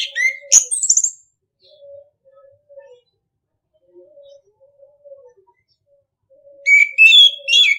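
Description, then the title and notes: Orange-headed thrush song: a burst of rich, high warbled and trilled phrases, a quiet gap with faint low background notes, then more loud varied warbling at the end. Masteran (training) song in the ngeplong style. "ANIS KEMBANG NGEPLONG. Masteran Anis Kembang"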